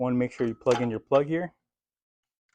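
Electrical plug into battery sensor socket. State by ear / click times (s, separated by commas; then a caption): not seated / none. A plastic electrical plug is being handled at the battery sensor socket on the battery terminal of a 2021 Silverado 1500 during a battery replacement, while someone talks for about a second and a half, followed by silence. Nothing has seated or clicked yet.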